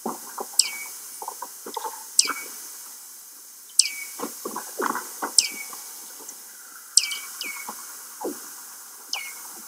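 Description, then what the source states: Seal calls: sharp high chirps dropping in pitch, repeated every second or two, with bursts of lower pulsed sounds between them. Antarctic seal.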